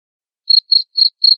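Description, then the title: Cricket chirp: four short, high-pitched chirps follow a half-second of silence, evenly spaced. Loud cricket chirping (ngerik) played to make lovebirds keep singing (ngekek). "Suara JANGKRIK NGERIK Keras Bikin LOVEBIRD Jadi NGEKEK Terus Vubey"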